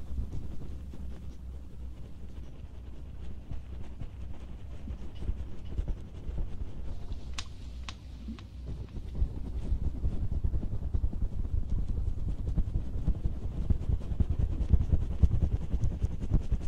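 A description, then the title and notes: Muffled rubbing and scratching at an ear, a dense low rumble with sharp clicks near 7–8 seconds, growing busier after 9 seconds. ASMR Ear cleaning & Ear massage.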